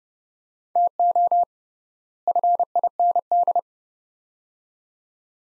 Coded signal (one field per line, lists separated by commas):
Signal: Morse code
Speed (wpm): 30 wpm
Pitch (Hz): 700 Hz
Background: none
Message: TO FIND